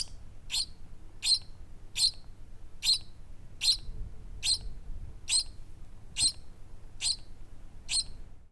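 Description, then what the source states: Bird chicks giving sharp, high begging chirps, one roughly every second, evenly repeated about ten times over a soft low rumble. Chicks about three weeks old, chirping in the nest while seeking food.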